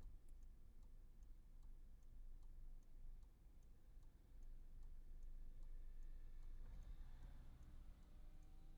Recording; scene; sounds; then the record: everyday scene through a hearing-aid microphone; in a vehicle; engine idling, traffic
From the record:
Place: Skoda Fabia, gasoline engine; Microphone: behind the ear, right, rear